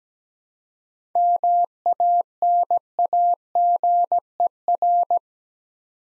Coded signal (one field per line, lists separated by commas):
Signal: Morse code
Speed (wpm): 17 wpm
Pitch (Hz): 700 Hz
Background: none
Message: MANAGER